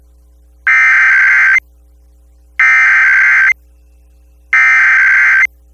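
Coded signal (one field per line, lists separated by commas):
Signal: Emergency Alert System (SAME) tones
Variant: header bursts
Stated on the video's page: Required monthly tests recorded off air with an SDR from several FM radio and TV stations.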